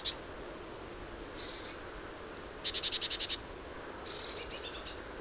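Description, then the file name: Great tit calls: sharp high notes, then a quick series of several buzzy, harsh churring notes, followed by a softer rasping chatter over a quiet hiss. "Parus major"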